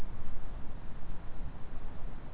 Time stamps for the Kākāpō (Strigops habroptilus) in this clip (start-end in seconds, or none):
none